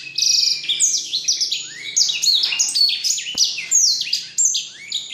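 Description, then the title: Black-throated canary song, a rapid continuous warble of high sweeping, descending and rising notes with fast trills, running without pause. Exceptional black-throated canary from Jombang. "Burung blackthroat Istimewa dari Jombang"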